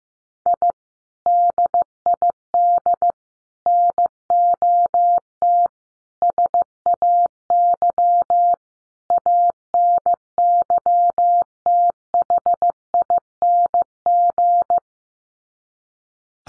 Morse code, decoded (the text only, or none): I DID NOT SAY ANYTHING